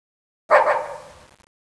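Dog giving one short bark that quickly fades.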